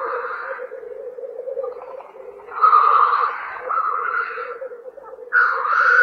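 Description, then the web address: Black grouse lekking: a continuous low bubbling coo runs throughout, broken by harsh hissing, sneeze-like bursts at the start, in the middle and near the end. "тетерев"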